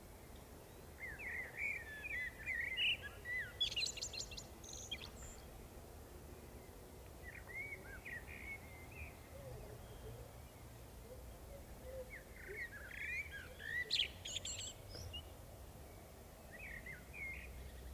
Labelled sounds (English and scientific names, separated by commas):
Common Blackbird (Turdus merula) song